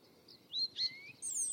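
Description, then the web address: European robin song fragment: a few high sliding whistled notes. "Deverinetal 2025"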